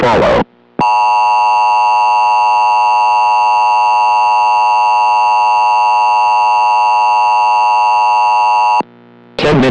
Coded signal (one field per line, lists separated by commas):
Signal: Emergency Alert System (SAME) tones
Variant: 853 and 960 Hz attention tone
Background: speech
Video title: EAS Scenario #5 - Takeover